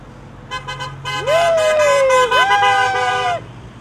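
Car horns honking in Calais, France, as drivers answer a call to honk: a few quick, bright toots give way to long, loud blaring honks that overlap and waver slightly in pitch before cutting off together.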